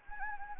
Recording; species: mosquito wingbeat signal from an infrared sensor; Anopheles gambiae